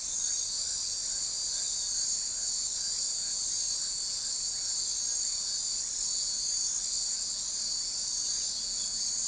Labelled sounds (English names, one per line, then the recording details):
none
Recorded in forest near Pivijay, Magdalena, Colombia, on 5 June 2023 at 20:00
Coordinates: 10.467, -74.380
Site Z5-G034